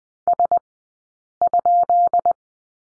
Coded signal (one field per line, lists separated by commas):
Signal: Morse code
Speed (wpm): 20 wpm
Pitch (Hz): 700 Hz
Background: none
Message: S ?